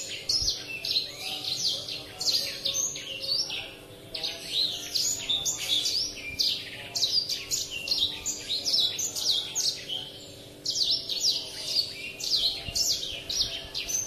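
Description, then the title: Oriental magpie-robin in full song, a long flowing series of whistled notes, chirps and short trills with brief breaks, over a low steady hum. "Kicau Kacer"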